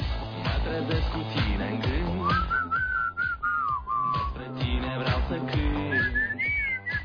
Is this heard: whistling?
yes